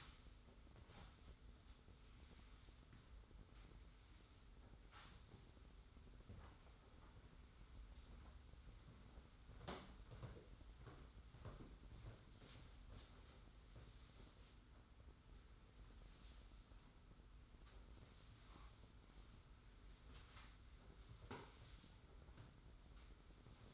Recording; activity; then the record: daily activity, microphone in the room; sweep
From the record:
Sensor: 3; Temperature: 25.5 degrees Celsius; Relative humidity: 40.5%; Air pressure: 991.3 hPa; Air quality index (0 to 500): 141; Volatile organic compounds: 321 ppm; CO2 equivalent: 4526 ppm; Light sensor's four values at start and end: 54/145/59/53 and 54/145/59/52